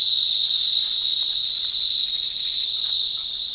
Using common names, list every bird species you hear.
none